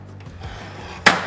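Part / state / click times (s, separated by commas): ladder safety cage enclosure locking into its upright position on the ladder frame / seated / 1.1 s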